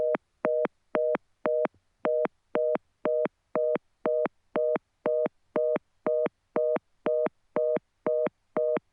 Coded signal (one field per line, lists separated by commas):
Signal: telephone call progress tone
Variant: North America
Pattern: reorder tone